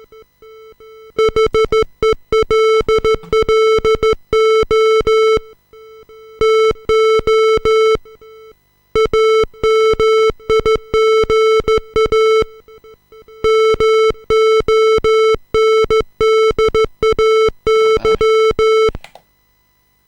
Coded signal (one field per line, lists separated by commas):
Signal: Morse code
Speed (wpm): 13 wpm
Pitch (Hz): 440 Hz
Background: music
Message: HELLO TO AMIGA MONDAY